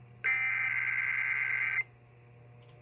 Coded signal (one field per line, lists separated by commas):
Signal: Emergency Alert System (SAME) tones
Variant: header bursts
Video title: EAS 1410-1412: KDKA EAS Test + WAHC Relays + Deviousness